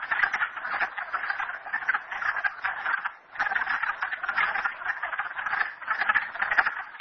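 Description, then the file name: Frog chorus of many rattling croaks packed together, with a short lull near the middle before the calling swells again. Recorded at Merryspring. "frogs merryspring 42008"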